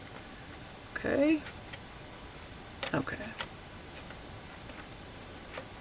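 A sliding piece of a paper-craft tool is worked into position and lined up on its base, with faint handling ticks and rubbing while someone talks. The part is only being moved and aligned, and nothing has seated or clicked yet.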